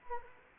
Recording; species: mosquito wingbeat signal from an infrared sensor; Anopheles arabiensis